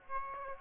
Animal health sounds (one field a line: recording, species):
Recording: mosquito wingbeat signal from an infrared sensor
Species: Aedes aegypti